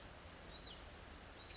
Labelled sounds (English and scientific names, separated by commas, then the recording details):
Hutton's Vireo (Vireo huttoni)
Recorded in Sonoma County, California